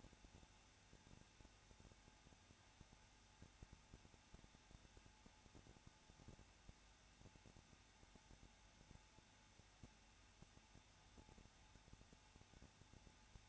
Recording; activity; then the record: daily activity, microphone in the room; no activity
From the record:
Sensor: 2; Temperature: 21.0 degrees Celsius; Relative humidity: 34.3%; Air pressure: 994.3 hPa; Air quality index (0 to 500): 173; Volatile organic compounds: 3 ppm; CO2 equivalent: 1341 ppm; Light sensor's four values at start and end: 2/3/2/2 and 2/3/2/2